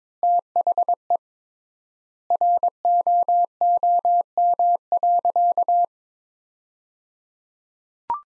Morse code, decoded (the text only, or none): THE ROOM.